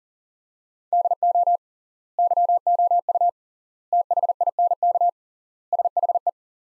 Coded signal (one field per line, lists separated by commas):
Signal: Morse code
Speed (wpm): 37 wpm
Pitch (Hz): 700 Hz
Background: none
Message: DO YOU THINK SHE